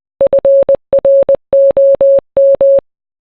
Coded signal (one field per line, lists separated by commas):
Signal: Morse code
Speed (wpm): 20 wpm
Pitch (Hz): 550 Hz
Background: none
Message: FROM